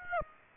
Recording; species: mosquito wingbeat signal from an infrared sensor; Aedes aegypti